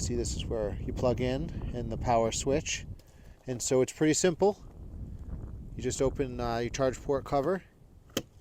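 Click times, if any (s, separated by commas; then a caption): 8.2 s. Someone talks while opening the charge port cover of an electric car, then a vehicle-to-load adapter plug is pushed into the charge port. A sharp, loud snap at 8.2 s marks the adapter seating and locking into the port.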